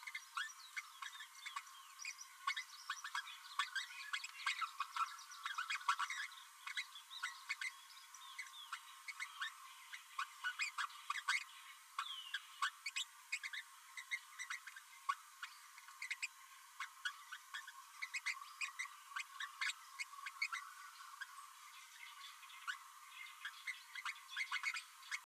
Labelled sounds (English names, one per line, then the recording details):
Green-rumped Parrotlet babbling
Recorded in a nest box in Venezuela
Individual 18B12A3